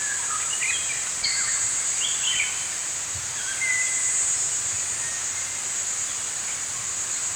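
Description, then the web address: Birds singing with quick whistled and chirped phrases in the first half, then fewer notes, all over a steady high-pitched insect buzz. Morning birdsong in a forest. "Dr Sound Effects. Morning Birds Singing In a Forest"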